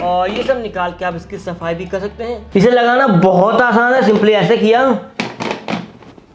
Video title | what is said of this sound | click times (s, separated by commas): ना ही तार और ना ही बिजली की ज़रूरत !! India's Most Affordable & Powerful Cordless Vacuum Cleaner | और लग गया और यहाँ पे लॉक हो गया। | 5.7 s